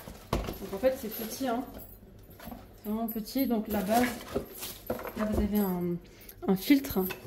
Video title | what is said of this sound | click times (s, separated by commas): 😱TEST ACTION TOP OU FLOP? #action #topaction #Aspirateuraction #actionarrivages #arrivagesaction | se clip donc | 0.3 s